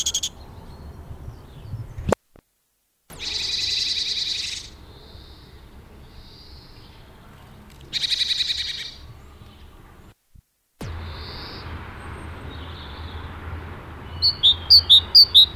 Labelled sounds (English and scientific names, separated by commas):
Great Tit (Parus major) call